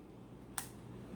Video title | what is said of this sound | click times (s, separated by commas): Canon M50 Video Creator Kit - Unboxing & Review (2020) | Click. There. It's fully assembled. | 0.6 s